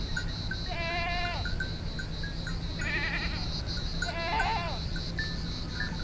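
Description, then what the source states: Goats giving three drawn-out, trembling bleats a second or two apart, over a steady insect hum. Goats heard from a hillside on Thassos, Greece, in 2016.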